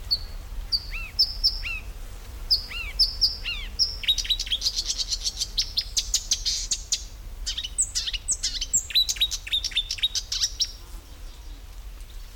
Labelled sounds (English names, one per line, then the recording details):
Marsh Warbler
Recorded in the wild
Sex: male
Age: adult
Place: Kremmen, Brandenburg, DE
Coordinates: 52.76, 13.03
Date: 1995-06-03 11:30
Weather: heiter, 18°C
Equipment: Marantz CP 430, Sennheiser ME 80, Kopie Uher 4000 Report Monitor
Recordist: Tembrock, Günter